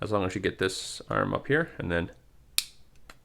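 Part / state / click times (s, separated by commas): plastic model kit arm into torso sub-assembly / seated / 2.6 s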